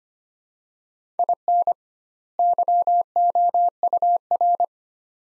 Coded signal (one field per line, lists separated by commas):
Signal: Morse code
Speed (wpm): 25 wpm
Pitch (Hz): 700 Hz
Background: none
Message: IN YOUR